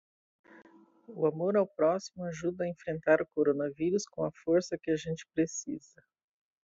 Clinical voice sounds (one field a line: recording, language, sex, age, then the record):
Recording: spoken sentence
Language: Brazilian Portuguese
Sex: female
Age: 40 to 49 years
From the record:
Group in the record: control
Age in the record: 47 years